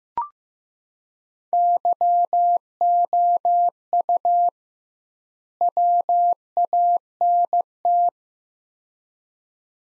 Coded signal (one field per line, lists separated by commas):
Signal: Morse code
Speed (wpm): 15 wpm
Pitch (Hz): 700 Hz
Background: none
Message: YOU WANT